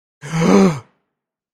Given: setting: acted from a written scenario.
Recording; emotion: vocal sound without words; distress